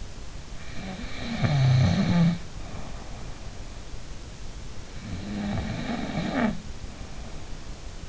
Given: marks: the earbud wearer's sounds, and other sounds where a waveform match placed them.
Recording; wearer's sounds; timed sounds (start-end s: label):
sounds in sleep by an in-ear microphone; snoring breath
0.75-3.61 s: snoring breath
4.91-8.09 s: snoring breath